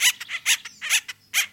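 Acorn Woodpecker calls: harsh, nasal notes repeated roughly twice a second, four bursts in quick succession.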